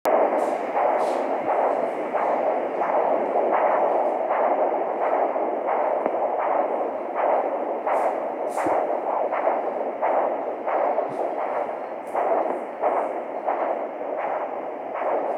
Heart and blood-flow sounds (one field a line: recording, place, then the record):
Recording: Doppler ultrasound of blood flow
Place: carotid artery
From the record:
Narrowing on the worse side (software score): moderate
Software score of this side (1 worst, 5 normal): 5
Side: left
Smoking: never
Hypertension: controlled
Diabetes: no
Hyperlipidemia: no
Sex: female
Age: 19 years